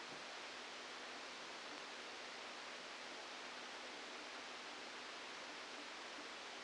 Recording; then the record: brain microelectrode recording played as sound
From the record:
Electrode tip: outside the subthalamic nucleus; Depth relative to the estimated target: -4 mm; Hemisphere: left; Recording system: NeuroSet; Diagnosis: Parkinson's disease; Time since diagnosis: 27 years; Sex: male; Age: 62 years